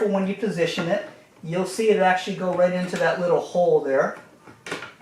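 Someone talks while positioning a carbon fiber mirror cap on the side mirror housing of an Audi S3 8V, lining its three tabs up with the mirror body. A brief sharp knock is heard near 4.7 s, but the cap has not seated or snapped into place yet.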